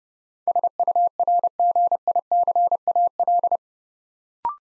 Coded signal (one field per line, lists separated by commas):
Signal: Morse code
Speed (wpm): 30 wpm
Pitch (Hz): 700 Hz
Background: none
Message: SURGICAL